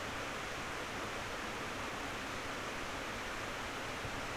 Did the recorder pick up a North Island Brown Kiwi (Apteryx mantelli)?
no